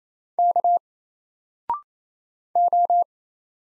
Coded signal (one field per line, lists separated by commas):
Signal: Morse code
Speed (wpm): 28 wpm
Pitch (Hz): 700 Hz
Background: none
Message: K O